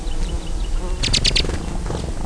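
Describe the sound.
White-winged crossbill calls: four dry, bright chip notes in a fast run, then a fainter note, over a constant low rumble and hiss.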